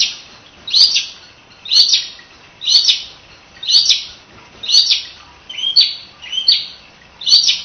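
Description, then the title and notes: Prinia song of strident, buzzy chirps repeated roughly once a second, eight phrases. Complete song sequence including the ngerol singing style. "Suara Kicau Burung Prenjak Lengkap dan Ngerol"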